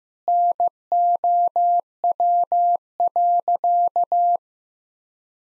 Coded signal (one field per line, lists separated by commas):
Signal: Morse code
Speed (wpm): 15 wpm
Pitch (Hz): 700 Hz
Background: none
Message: NOW.